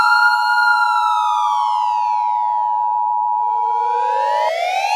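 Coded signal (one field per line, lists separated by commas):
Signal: Emergency Alert System (SAME) tones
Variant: 853 and 960 Hz attention tone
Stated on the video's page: Fictional EAS scenario.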